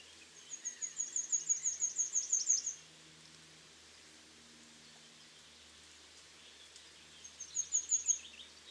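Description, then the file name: Great tit giving a rapid series of high, thin repeated notes for a few seconds, a long pause, then a shorter burst of the same notes. "Parus major"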